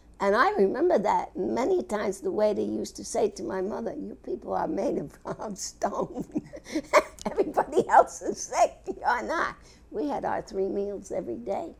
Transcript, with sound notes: And I remember that and many times the way they used to say to my mother, "You people are made of carved stone." (She's laughing.) "Everybody else is sick. You're not." We had our three meals everyday.